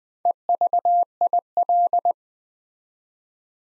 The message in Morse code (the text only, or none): EVIL